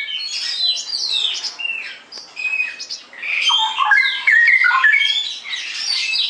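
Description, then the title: Straw-headed bulbul singing rich, warbled whistles that step up and down near the middle, set among busy, high-pitched chirping and squawky notes. Caged-bird song-tutoring (masteran) in clear quality, featuring rapid "ropel" song from a constantly singing (gacor) bird. "mster Mnuk. Masteran Burung CUCAK ROWO Kualitas Jernih. Cucak Rowo Ropel Gacor"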